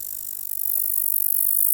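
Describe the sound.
Insect producing a thin, very high buzzy trill of fast pulses that grows louder over the first half, then holds steady.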